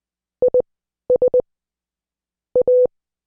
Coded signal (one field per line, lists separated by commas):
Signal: Morse code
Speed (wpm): 20 wpm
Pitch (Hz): 500 Hz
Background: none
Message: IS A